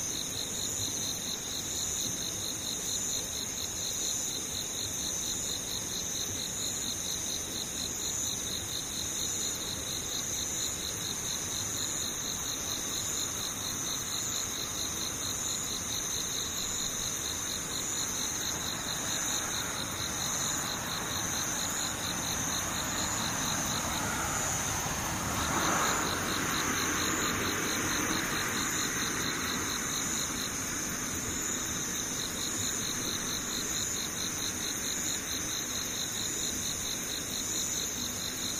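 Insects trill without pause, several high, evenly pulsing bands layered over each other and holding steady for the whole stretch. Beneath them runs a soft low hiss like traffic, and a brief swell passes around the twenty-five second mark before fading.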